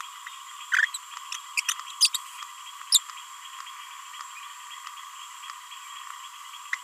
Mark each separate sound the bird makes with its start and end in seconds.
0.78-0.82, 0.94-0.97, 1.57-1.60, 1.68-1.71, 2.01-2.09, 2.14-2.17, 2.92-2.98